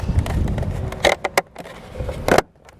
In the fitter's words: So there we go. Now it's locked into place there, and it's not going to move.